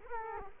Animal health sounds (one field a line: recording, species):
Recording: mosquito wingbeat signal from an infrared sensor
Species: Culex quinquefasciatus